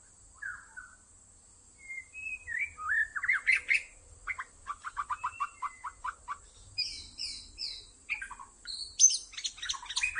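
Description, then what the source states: White-rumped shama singing: scattered whistles, then a quick series of repeated low-pitched chirps, followed by higher bright notes and squeaky phrases over faint background hiss. Lure (pikat) recording made for attracting birds.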